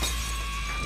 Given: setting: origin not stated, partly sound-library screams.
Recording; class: one-second piece from a danger detection set; woman in danger